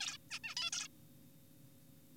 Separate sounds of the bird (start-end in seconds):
0.01-0.17, 0.32-0.39, 0.44-0.55, 0.57-0.70, 0.73-0.88